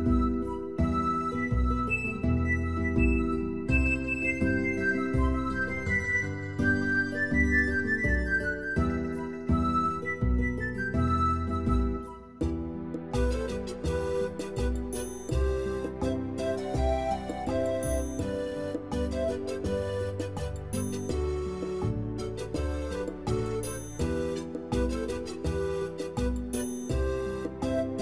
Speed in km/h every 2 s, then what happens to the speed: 36, 37, 40, 46, 50, 54, 57, 63, 67, 72, 80, 82, 84, 88.
0-28 speeds up to 88.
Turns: none.